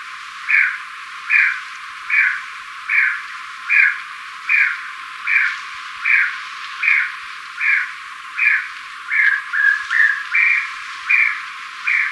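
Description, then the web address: Tawny-breasted tinamou calling in a steady series of short notes, roughly one every 0.8 seconds, with a few quicker notes near the end. Ecuador. "Birds of Ecuador. Tawny-Breasted Tinamou"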